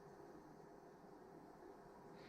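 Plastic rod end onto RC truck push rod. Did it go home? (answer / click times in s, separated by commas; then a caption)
no / none. A new plastic rod end is being screwed onto the metal push rod of a Traxxas E-Revo 2.0 VXL RC truck, but it will not thread because stripped plastic residue is left in the threads. Only steady, even broadband noise is heard for about 2.3 seconds, with no distinct sudden sounds. Nothing has seated or clicked yet.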